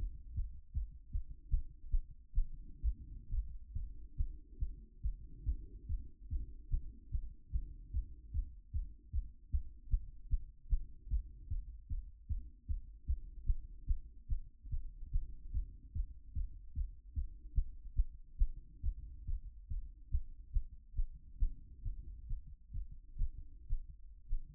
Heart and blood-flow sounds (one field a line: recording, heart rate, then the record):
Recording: heart sounds by stethoscope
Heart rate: 148 bpm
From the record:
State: after exercise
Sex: male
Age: 28 years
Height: 180 cm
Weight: 120 kg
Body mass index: 37.04